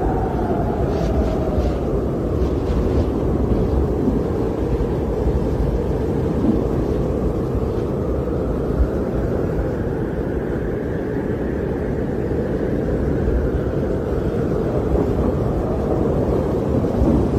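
Polar wind in Antarctica blows as a dense, steady roar, heavy in the low end with a rumbling body that never lets up. A higher whistling tone rises and falls slowly across the middle of the clip as gusts swell and ease.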